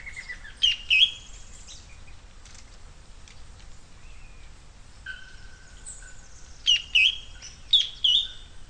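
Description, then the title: Bird calls: loud paired chirps, a pause with faint twitters, a long level whistle, then two more pairs of sharp chirps. "LuckyPassaro Completos2Sama"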